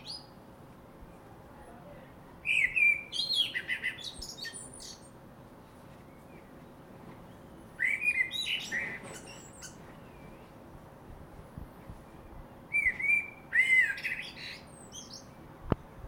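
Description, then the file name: Common blackbird song: three mellow whistled phrases, each ending in a high scratchy twitter, separated by pauses of several seconds, over a faint steady hum. "Turdus merula"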